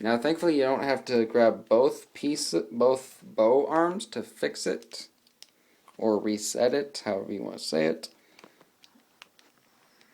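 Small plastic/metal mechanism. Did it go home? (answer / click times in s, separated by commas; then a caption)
no / none. Someone talks while handling an Assassin's Creed Unity Phantom Blade replica wrist-mounted crossbow, resetting its bow arms into the locked position on the wrist launcher, which uses an internal locking mechanism. Faint, sharp handling ticks are heard in a pause around 5.3–5.9 s and again from 8.4 to 9.2 s. The bow arm has not seated or clicked into place yet.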